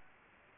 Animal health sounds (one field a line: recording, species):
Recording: mosquito wingbeat signal from an infrared sensor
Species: Anopheles gambiae